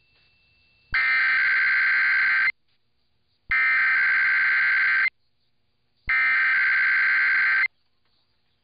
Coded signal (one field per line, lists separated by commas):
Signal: Emergency Alert System (SAME) tones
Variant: header bursts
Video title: [EAS #2238-#2239] KDKA & KWIZ RWTs